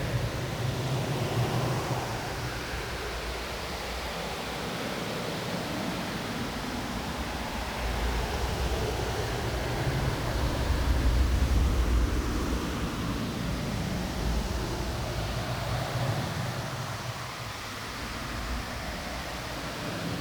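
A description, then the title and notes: Wind roars steadily throughout, a dense rushing noise weighted toward the low end with a deep rumble underneath. The level swells slightly around ten to twelve seconds, then eases back and settles again near the end, with no distinct events standing out. An Extra Windy Day.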